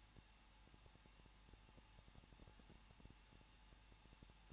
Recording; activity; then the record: daily activity, microphone in the room; no activity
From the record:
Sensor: 1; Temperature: 20.1 degrees Celsius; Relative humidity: 39.1%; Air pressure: 1006.3 hPa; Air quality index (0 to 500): 217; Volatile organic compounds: 76 ppm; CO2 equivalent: 3577 ppm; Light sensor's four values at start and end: 1/2/1/1 and 1/2/1/1